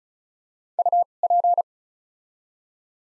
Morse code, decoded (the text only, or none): U P